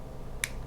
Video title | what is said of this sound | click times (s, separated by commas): Review Gerber EVO Jr. Folding Knife | you can see the liner lock click into place so that works pretty well so | 0.4 s